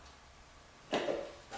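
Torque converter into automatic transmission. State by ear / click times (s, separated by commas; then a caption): seated / 0.9 s. A torque converter is spun and pushed onto an automatic transmission's input shaft and, with a sharp clunk at 0.9 s, drops into its second engagement and seats fully in. The hit rings briefly in the low-mid range and fades, with a faint softer knock near 1.5 s.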